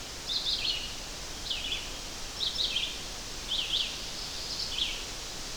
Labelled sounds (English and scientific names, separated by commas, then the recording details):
Red-eyed Vireo (Vireo olivaceus) song
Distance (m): 20 m
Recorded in boreal forest in Alberta, Canada, on 12 June 2016 at 05:45
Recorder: SongMeter 3, array SBT-3-18
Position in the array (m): 232 m, 100 m